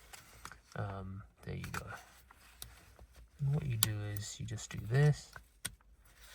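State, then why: Seated. A plastic wiring connector is pushed into the steering wheel airbag squib socket on an F30 LCI during a heated steering retrofit. Someone talks, then a sharp click sounds at 5.7 s as the airbag squib connector locks into place.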